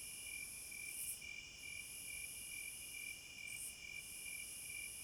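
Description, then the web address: Crickets produce a steady train of short chirps about twice a second, set against a continuous shrill buzz with occasional brief gaps. Forest at night, midnight. "Nature Sounds In HD Sounds of Nature Hypnotizing Forest- Wolves, Crickets, Owls and Singing Birds Midnight Concert"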